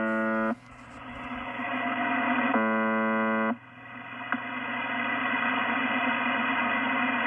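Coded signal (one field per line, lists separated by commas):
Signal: numbers station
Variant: UVB-76 buzzer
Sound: two harsh low buzzes, about 0.5 and 1 second long, separated by hissing static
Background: radio static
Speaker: But now and again, it does change, and they do use it to send messages. We think to secret operatives out around the globe, because these transmissions do travel really far. So here's an example of that.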